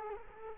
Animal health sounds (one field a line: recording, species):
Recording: mosquito wingbeat signal from an infrared sensor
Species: Culex quinquefasciatus